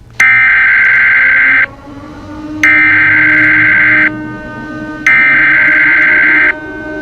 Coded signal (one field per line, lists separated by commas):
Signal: Emergency Alert System (SAME) tones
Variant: header bursts